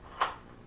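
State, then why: Released. The collapsible stock of a Tactical Force/Well MP7 AEP airsoft replica is wobbled until it comes out of the receiver. A single sharp knock is heard at 0.2 s as the stock pops free and is released.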